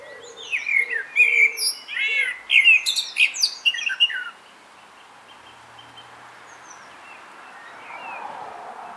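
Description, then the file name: Common blackbird delivering a burst of flowing whistles and high squeaks for about four seconds, with short low notes at the start, then quiet background. "Turdus merula"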